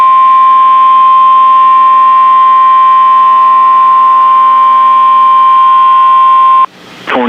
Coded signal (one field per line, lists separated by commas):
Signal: Emergency Alert System (SAME) tones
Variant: 1050 Hz attention tone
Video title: Tornado Warning | EAS #566